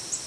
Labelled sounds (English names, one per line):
Prothonotary Warbler flight call